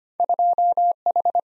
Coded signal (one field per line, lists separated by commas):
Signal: Morse code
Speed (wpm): 25 wpm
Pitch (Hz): 700 Hz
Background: none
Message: 2H